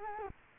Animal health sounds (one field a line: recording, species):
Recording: mosquito wingbeat signal from an infrared sensor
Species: Culex quinquefasciatus